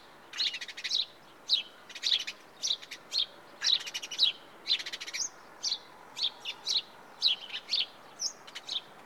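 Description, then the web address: House sparrow giving repeated cheep notes, bright and slightly harsh, about two a second with brief clusters. "The BBC Sound Effects Library. House Sparrow (Passer Domesticus)"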